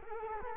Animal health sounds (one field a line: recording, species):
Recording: mosquito wingbeat signal from an infrared sensor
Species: Culex quinquefasciatus